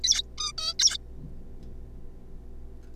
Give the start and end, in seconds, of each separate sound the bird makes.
0.04-0.22, 0.38-0.52, 0.58-0.73, 0.79-0.97